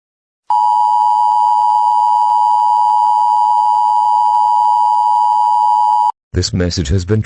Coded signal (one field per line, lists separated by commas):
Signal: Emergency Alert System (SAME) tones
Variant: 853 and 960 Hz attention tone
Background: speech